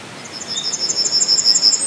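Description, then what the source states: Yellowhammer song phrase of rapid, evenly repeated high chipping notes, without the closing drawn-out note, against light background hiss. Songs recorded at the edge of a town on 17 July 2020.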